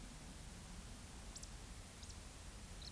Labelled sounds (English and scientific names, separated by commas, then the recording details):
Eurasian Woodcock (Scolopax rusticola) whistle
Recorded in Baden-Württemberg, Germany, on 10 May 2021 at 19:44 UTC
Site 24606, 635 m above sea level